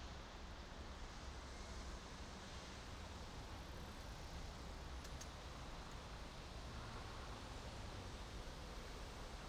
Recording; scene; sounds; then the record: everyday scene through a hearing-aid microphone; in traffic; traffic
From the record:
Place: main city hub, rush hour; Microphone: in the ear canal, right